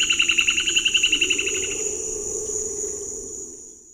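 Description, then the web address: Point-tailed palmcreeper song: a rapid run of about fifteen evenly spaced, piercing notes that ends after one and a half seconds. A constant shrill insect buzz sits underneath. Eastern lowlands of South America. "ENTER Music and Audio. Nature Songs S America Eastern Lowlands. Point-tailed Palmcreeper"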